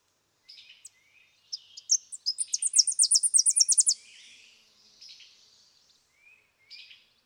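Tennessee warbler song: a few scattered high chips, then a fast dry staccato series of sharp notes forming a loud chattering burst, followed by faint soft notes.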